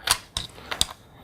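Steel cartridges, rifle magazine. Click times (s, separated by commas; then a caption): 0.1 s, 0.4 s, 0.7 s, 0.8 s. Rifle cartridges are pushed from a metal stripper clip down into the internal magazine of a Mauser bolt-action rifle. Sharp metallic clicks land at about 0.1, 0.4, 0.7 and 0.8 seconds, followed by two fainter ticks. The rounds seat in the magazine.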